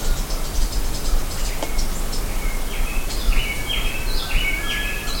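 Bird chirps: several quick, bright notes, some with a short downward slide, heard against loud, constant low noise.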